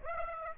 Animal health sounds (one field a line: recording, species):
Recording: mosquito wingbeat signal from an infrared sensor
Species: Aedes aegypti